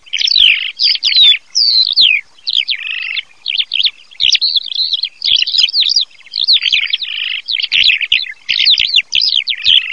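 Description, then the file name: Eurasian skylark song, a rapid, continuous stream of high, twittering and trilling phrases with quick rising and falling notes, barely pausing throughout. "ALLODOLASEB"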